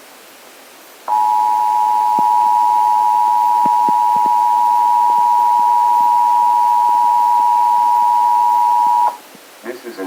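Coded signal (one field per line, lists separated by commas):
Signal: Emergency Alert System (SAME) tones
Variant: 853 and 960 Hz attention tone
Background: speech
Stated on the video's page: AMBER Alert relayed by a cable provider, recorded with a smartphone and amplified in volume.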